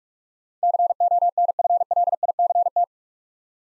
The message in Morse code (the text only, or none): CONFLICT